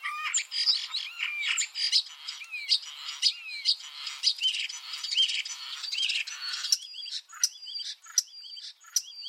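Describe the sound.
Common starling song: varied chattering with short squeaks, turning into a quick series of repeated clicking phrases.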